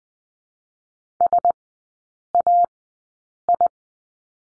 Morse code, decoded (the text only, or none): SAI